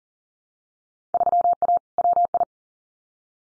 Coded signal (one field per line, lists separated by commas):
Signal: Morse code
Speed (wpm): 42 wpm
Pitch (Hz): 700 Hz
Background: none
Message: 3A WI